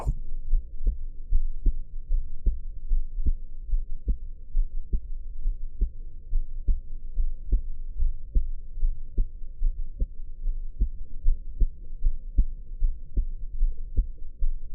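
Soft, muffled low thumps repeat steadily at about 75 beats a minute against a faint low rumble. This is an adult heartbeat, heard through the ear of a dummy-head microphone pressed against the chest for ASMR-style listening.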